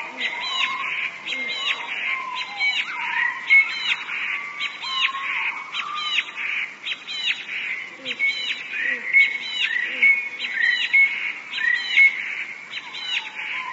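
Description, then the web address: Eurasian blue tit singing: bright, twittering high phrases come in a steady series about every second, with a faint continuous high whine beneath. "wroblowe teka modraszkoteka"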